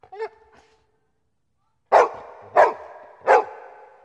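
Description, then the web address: Dog giving a short yelp, then after a pause three loud, hoarse barks spaced roughly two-thirds of a second apart. "1001 Sound Effects. Dogs Barking"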